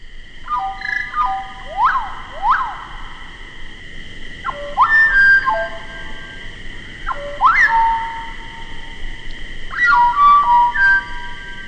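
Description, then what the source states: Slate-colored solitaire song slowed down, clear ringing flute-like notes in groups with upward swoops, each group separated by short pauses, over a steady high hum. Song slowed down so the notes can be heard more clearly; species from the Mexican cloud forest.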